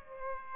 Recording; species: mosquito wingbeat signal from an infrared sensor; Aedes aegypti